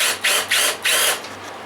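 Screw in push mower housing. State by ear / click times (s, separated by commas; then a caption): stripped / 0.2 s. A power drill drives a screw into the housing of a cheap Bolens push mower during a repair. It gives repeated bursts of high whirring and ratcheting, with a sharp jump at 0.3 s, then fades to a quieter tail. The screw's thread spins out in its hole and strips, because someone has worked on it before.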